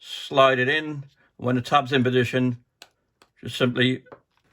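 Someone talks while the plastic back cover of a BMW smart key fob is slid onto the housing with its tab going into the slot at the back of the key, ready to be pressed on until it snaps into place. Only a few faint ticks are heard between the phrases, and the cover has not yet snapped into place; nothing has seated or clicked.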